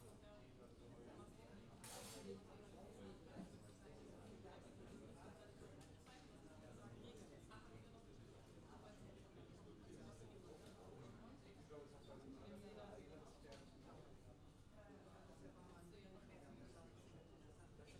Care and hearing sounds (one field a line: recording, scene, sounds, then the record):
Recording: everyday scene through a hearing-aid microphone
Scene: many people talking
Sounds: many voices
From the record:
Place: university cafeteria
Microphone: in the ear canal, left